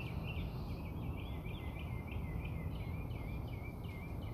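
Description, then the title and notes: Bird singing, a steady stream of high chirping notes repeated rapidly, over constant low background noise. Recorded outside the narrator's house. "Bird Songs Part Two. More bird songs outside my house"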